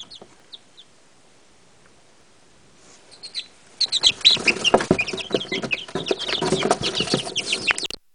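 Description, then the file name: Chicken chicks peeping, a few scattered high cheeps at first, then a dense chorus of rapid overlapping high chirps from many birds. "Chiks"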